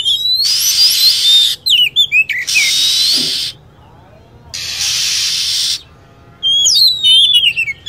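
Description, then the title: Lovebird calls: roughly one-second bursts of harsh, hissing screech alternate with sharp, high chirps that swoop down and up, with short gaps between bursts. Lure recording for attracting birds. "PIKAT BURUNG LOVEBIRD"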